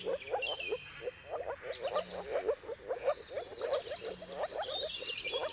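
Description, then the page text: Moor frogs calling in quick soft bubbling pulses, many short notes in a row, with birds singing in the background. Moor frogs in a mating chorus at sunrise, at the turn of March and April depending on the weather. "Jakub-Orzecki moor frogs. Depending on the weather at the turn of March and April, you can witness an amazing spectacle of moor frogs"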